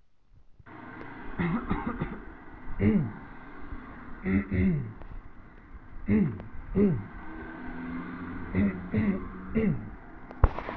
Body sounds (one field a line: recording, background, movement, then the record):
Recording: throat clearing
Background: traffic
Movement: sitting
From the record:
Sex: male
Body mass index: 21.0 kg/m2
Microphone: on the chest, facing the body